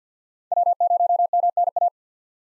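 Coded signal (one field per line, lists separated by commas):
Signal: Morse code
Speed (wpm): 50 wpm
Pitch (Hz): 700 Hz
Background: none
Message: W0MNA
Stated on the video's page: Common SOTA chaser call signs at 50 wpm for head-copy practice.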